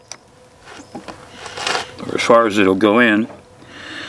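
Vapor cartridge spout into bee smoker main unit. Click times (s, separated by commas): 0.1 s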